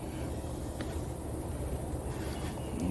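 A rubber-necked air filter is forced onto the intake of a Mikuni clone VM22 26 mm carburetor on a 125cc pit bike, against a steady low rumble. A faint, brief snap at 0.8 s marks the filter popping into place, fully seated.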